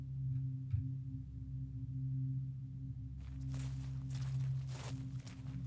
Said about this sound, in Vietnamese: Chợp mắt chưa được bao lâu, ở bên ngoài vang lên tiếng bước chân lảo xảo.